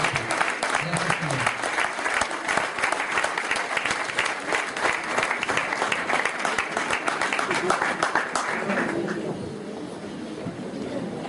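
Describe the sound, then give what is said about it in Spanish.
A church audience at a seminar in Santiago, Chile, applauds the Lord Jesus Christ and welcomes a visiting apostle, with dense, sustained clapping that stays loud for about nine seconds before tapering off, faint voices mixed into the noise. “vamos a recibir un aplauso al Señor Jesucristo.”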